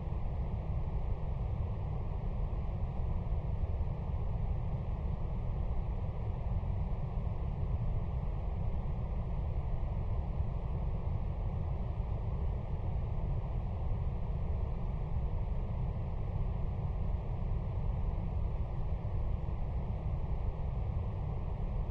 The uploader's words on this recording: Sound Machine Brown Noise. Relaxing Ambient Brown Noise.